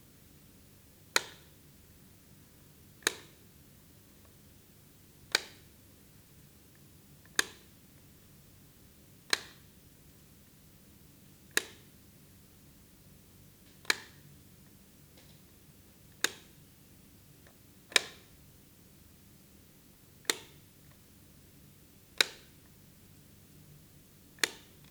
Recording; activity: daily activity, guitar pickup as the sensor; operate light